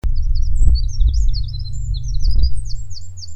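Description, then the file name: Eurasian wren giving rapid, high, thin sweeping notes in quick succession, with a loud low rumble and a few thuds underneath. "Troglodytes troglodytes"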